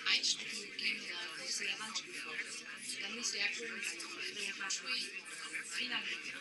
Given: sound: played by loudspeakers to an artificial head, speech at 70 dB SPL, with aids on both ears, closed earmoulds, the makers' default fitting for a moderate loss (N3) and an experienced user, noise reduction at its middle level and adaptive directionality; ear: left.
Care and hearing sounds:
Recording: speech test signal (ISTS) in cocktail-party noise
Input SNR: -3 dB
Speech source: on the right (90 degrees)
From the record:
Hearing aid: class 2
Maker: H

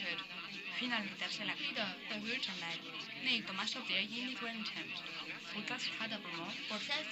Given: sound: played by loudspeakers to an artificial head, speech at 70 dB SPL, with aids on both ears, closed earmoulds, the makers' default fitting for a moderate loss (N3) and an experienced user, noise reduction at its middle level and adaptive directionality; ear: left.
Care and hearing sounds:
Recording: speech test signal (ISTS) in cocktail-party noise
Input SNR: +3 dB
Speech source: in front (0 degrees)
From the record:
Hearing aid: class 1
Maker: D

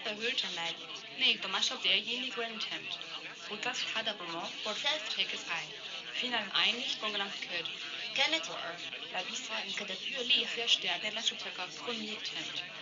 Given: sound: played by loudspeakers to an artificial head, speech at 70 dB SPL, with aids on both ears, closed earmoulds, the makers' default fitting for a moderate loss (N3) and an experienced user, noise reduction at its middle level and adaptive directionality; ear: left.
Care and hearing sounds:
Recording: speech test signal (ISTS) in cocktail-party noise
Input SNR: +6 dB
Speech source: in front (0 degrees)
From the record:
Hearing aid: class 1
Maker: G

